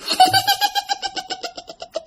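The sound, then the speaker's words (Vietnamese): A small child of about one to three years old giggles in a high-pitched burst, a quick, rhythmic run of about a dozen short pulses that gradually soften, sounding eerie with no other voices around it. “Mà cái tiếng cười này á là tiếng cười của con nít, chứ không phải là người lớn nha các bạn.”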